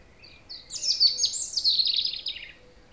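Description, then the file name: European robin giving a single short phrase of rapid, high-pitched warbling trills that slowly descend, over a faint hiss. "Erithacus rubecula"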